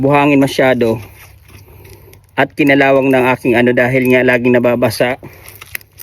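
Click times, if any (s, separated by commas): 5.8 s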